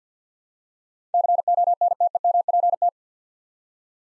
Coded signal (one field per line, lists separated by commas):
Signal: Morse code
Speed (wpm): 45 wpm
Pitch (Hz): 700 Hz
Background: none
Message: CONTEMPT